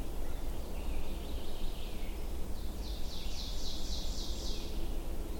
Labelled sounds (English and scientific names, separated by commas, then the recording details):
Ovenbird (Seiurus aurocapilla) song
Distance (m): 65 m
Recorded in boreal forest in Alberta, Canada, on 22 June 2016 at 08:51
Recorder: SongMeter 3, array SBT-6-76
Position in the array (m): 154 m, 117 m
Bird 3